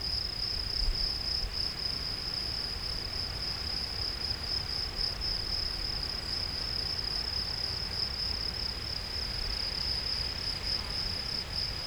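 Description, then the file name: Field cricket song, a steady high-pitched trill held without a break throughout, with a soft low rumble underneath. "Gryllus campestris"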